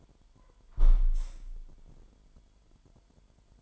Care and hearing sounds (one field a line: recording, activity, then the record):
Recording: daily activity, microphone in the room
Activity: close window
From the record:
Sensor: 5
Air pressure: 998.7 hPa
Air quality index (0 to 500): 105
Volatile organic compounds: 2 ppm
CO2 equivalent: 1215 ppm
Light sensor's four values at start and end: 76/190/79/89 and 74/186/77/86